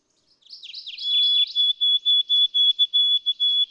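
White-throated sparrow song with a few fast, wavering slurred notes leading into a series of clear whistled notes held at one steady pitch and repeated rhythmically.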